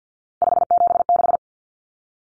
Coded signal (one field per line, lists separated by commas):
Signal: Morse code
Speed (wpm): 50 wpm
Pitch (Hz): 700 Hz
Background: none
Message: 576